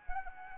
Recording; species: mosquito wingbeat signal from an infrared sensor; Anopheles arabiensis